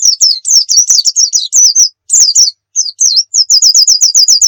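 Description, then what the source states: White-eye song: high, fast twittering of slurred chirps with brief pauses, ending in a rapid repeated series. Pleci of the Muria type, recorded as a masteran, a tutor recording of song for cage birds.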